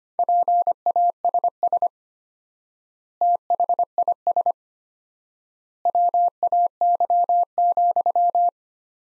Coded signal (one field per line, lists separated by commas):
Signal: Morse code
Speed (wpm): 25 wpm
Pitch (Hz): 700 Hz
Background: none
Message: PASS THIS WAY,